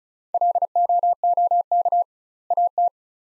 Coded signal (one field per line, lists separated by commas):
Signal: Morse code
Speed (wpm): 36 wpm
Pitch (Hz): 700 Hz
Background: none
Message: LOOK AT